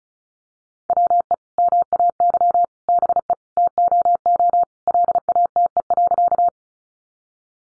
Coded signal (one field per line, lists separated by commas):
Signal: Morse code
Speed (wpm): 34 wpm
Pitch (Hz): 700 Hz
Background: none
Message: WE MAY BE TOO LATE.